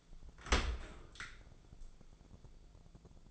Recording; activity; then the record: daily activity, microphone in the room; open dishwasher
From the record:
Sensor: 5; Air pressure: 1000.6 hPa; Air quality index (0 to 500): 157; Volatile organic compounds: 2 ppm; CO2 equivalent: 1207 ppm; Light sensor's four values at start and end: 46/105/45/49 and 46/105/45/49